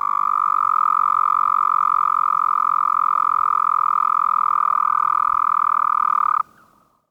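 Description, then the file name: Arizona toad giving one long, even, buzzy trill at a steady pitch for over six seconds, then stopping abruptly, leaving quiet. "Anaxyrus microscaphus"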